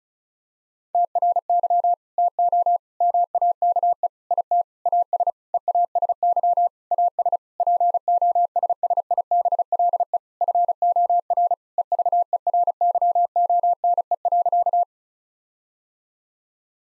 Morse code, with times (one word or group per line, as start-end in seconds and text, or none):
0.9-1.9 TRY
2.2-2.8 TO
3.0-4.1 MAKE
4.3-4.6 IT
4.9-5.3 AS
5.5-6.7 EASY
6.9-7.4 AS
7.6-10.2 POSSIBLE
10.4-11.5 FOR
11.8-14.8 EVERYONE.